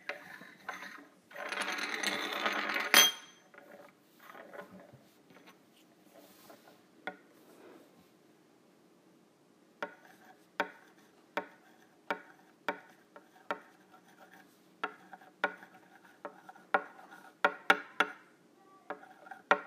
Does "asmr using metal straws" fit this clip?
yes